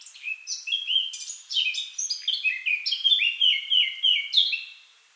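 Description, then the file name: Eurasian blackcap delivering a sustained, chattering warble of quick, varied notes for nearly five seconds before fading. "Sylvia atricapilla"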